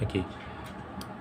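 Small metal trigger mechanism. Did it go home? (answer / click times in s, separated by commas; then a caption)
released / 1.0 s. A hinge (back-tension) archery release aid is pulled until its sear clicks at 1.0 s and the release lets go. Someone talks briefly at the start, and the click is a short, sharp tick over quiet background.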